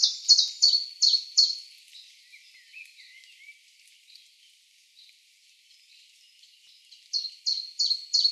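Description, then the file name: Common chiffchaff song: a short burst of four high, clipped notes, then a quiet pause with faint twittering, and the note series starts again at the end. Recorded on 1 June 2013. "01 06 2013 Zilpzalp"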